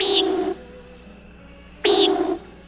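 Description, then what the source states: Common nighthawk display: two loud bursts a little under two seconds apart, each a high note over a deeper sound lasting about half a second. Male's breeding-season dive display; air rushing through flexed wingtips makes a deep boom at the dive's bottom; dives aimed at females, young nighthawks and intruders.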